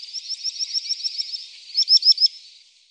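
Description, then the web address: Common sandpiper calling: a rapid run of thin, high, twittering notes, then four louder ringing notes near the end, fading away; no other sounds. "Faglar Sound Drillsnappa"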